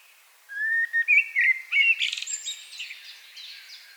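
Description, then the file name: Common blackbird singing one phrase, a low rich fluted warble sliding into a rapid, thin, high twittering flourish that fades out. "Turdus merula"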